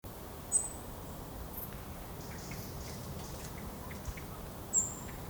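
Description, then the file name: European robin giving two very high, thin, short whistled notes about four seconds apart, over a steady low rumbling background noise. "Erithacus rubecula"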